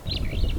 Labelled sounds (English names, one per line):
Superb Starling flight call